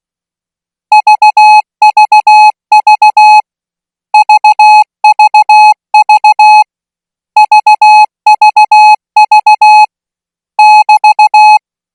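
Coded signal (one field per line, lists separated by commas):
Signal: Morse code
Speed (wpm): 16 wpm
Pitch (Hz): 850 Hz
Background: music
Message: VVV VVV VVV <BT>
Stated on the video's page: Thai Morse practice at 20 words per minute for military signal school students.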